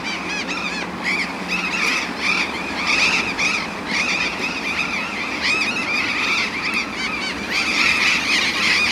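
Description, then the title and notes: Burrowing parrots screeching in a noisy flock, loud arched harsh calls overlapping almost continuously. Several burrowing parrots at a street corner in a university neighbourhood, recorded in January 2015 at 20:32 in the evening. "Loros barranqueros (Cyanoliseus patagonus). Av. Alem esq. Uruguay. B° Universitario. /1/2015-20:32hs Por Daniela Del Gobbo"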